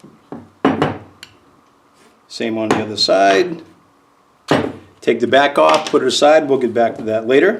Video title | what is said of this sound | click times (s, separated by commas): Invacare 4 way valve rebuild | just put your screwdriver underneath the little arm and twist and you'll hear it pop up | 0.6 s